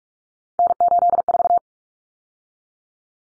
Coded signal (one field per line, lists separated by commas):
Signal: Morse code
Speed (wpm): 44 wpm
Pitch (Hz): 700 Hz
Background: none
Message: N84